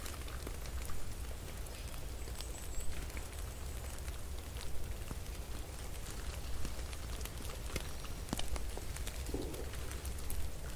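Snow falls and melts in a steady, dense patter of tiny ticks and drips, like light rain on a surface. A constant low hum runs underneath throughout. Scattered sharper clicks and drops stand out, with a brief soft splash near nine seconds.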